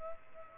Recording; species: mosquito wingbeat signal from an infrared sensor; Culex pipiens